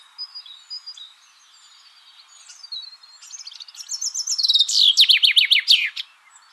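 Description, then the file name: Common chaffinch song: quiet twittering builds into a loud run of sharp, downward-sweeping notes near the end, finishing with a flourish. "Fringilla coelebs"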